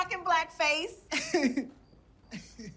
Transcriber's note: laughter